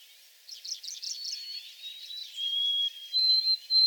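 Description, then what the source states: White-throated sparrow song: clear, pure whistled notes held steady, a higher tone, a lower one, then another high drawn-out whistle, with soft chirps from other birds. 28 April 2022, in the back shrubs.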